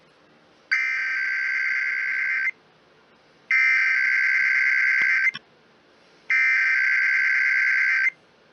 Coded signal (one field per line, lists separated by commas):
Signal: Emergency Alert System (SAME) tones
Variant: header bursts